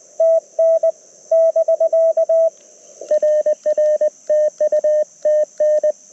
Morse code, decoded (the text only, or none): TN <BK> RR TU TN